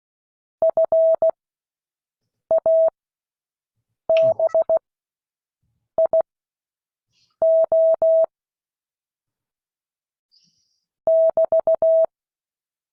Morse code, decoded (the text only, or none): FABIO <BT>